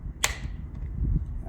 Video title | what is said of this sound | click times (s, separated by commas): 2000 - 2021 Toyota Tundra Kick Panel Loose - Machine Mods | I like to hear that snap. | 0.2 s